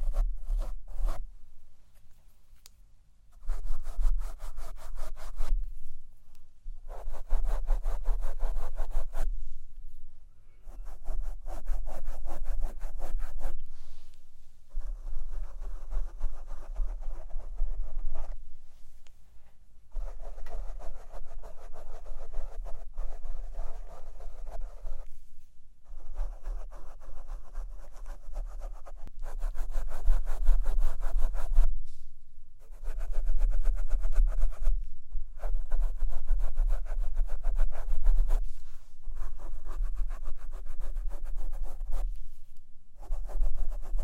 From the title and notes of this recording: ASMR Fall Asleep To Mic Brushing & Tapping (No Talking).